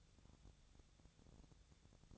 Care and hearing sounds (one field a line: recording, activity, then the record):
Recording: daily activity, microphone in the room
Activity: take from stove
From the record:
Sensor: 3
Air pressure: 999.3 hPa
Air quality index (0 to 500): 199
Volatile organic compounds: 46 ppm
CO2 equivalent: 3239 ppm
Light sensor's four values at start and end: 7/17/7/6 and 7/17/7/6